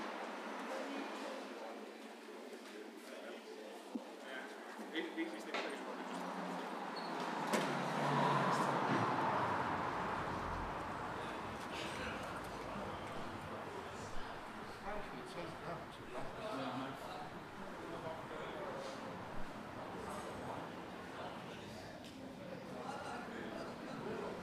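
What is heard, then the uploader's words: Morning street ambience with murmured voices and passing traffic, a swell of vehicle noise around eight seconds, and scattered sharp clicks and footsteps throughout. Opening Up: Commercial Street at 9am. Part of the Sound Map Of Harrogate.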